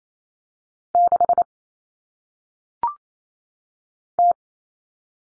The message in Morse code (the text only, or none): 6 T